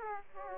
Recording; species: mosquito wingbeat signal from an infrared sensor; Aedes aegypti